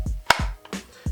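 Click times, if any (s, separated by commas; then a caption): 0.3 s. A SIG Sauer P226 Legion SAO fitted with an X300 weapon light is pushed into a hard polymer T-Rex Arms outside-the-waistband holster meant for a battle belt. A sharp, very positive retention click rings out at 0.3 s, followed by fainter handling noises around 0.7 s. The pistol is seated and locked in, held firmly with no play.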